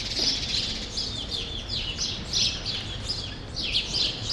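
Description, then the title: Sparrows chirping closely together, a quick tumble of overlapping squeaky chirps over a soft low background hum. Sparrows still present in a small remaining part of a once large grove, Rue Saint-Jean Népomucène, Brussels, Belgium; recorded with Earsight V2 AB microphones into a Zoom F3. "Rue Saint-Jean Népomucène 13, 1000 Bruxelles, Belgique - Sparrows - Moineaux"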